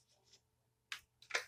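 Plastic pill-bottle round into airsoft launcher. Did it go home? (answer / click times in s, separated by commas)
yes / 0.9 s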